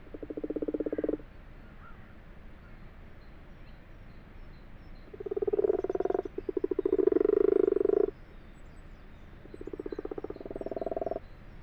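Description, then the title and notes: Common frog low purring croaks in three groups of bursts, the middle group longest and loudest, separated by quiet pauses. Common frogs calling in full daylight, 12:45, 21 February 2020, abandoned water-filled wash house in a field, Fourcinet, Drôme, France; calling lasts a few days yearly, over two weeks early this year; Nagra LB, binaural. "Fourcinet - Drôme. les Grenouilles rousses (Rana temporia)"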